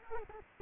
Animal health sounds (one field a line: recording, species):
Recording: mosquito wingbeat signal from an infrared sensor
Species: Culex quinquefasciatus